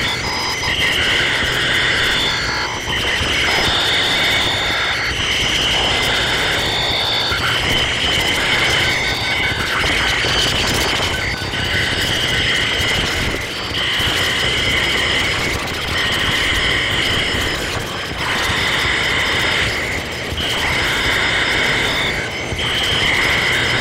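A dense, steady chorus of crickets trills in shrill, pulsing bands, with a faint low rumble, like an engine, underneath throughout.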